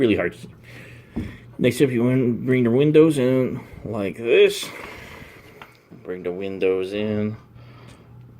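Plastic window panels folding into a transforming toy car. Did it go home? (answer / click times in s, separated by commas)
no / none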